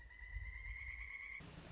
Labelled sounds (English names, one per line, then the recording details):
Pileated Woodpecker
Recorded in Sonoma County, California